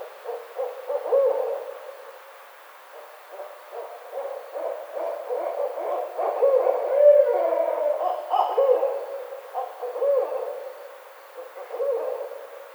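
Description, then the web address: Barred owl calling in repeated bouts of low, pulsing hoots, loudest in the middle, over faint background hiss. Recorded on 29 May 2009. "Barred Owl 2009 05 29 Barred Owl"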